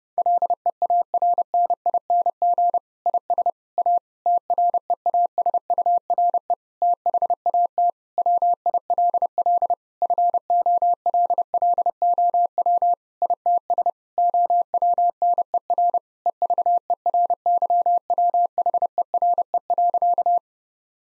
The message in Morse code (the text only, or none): LEARNING IS A TREASURE THAT WILL FOLLOW ITS OWNER EVERYWHERE.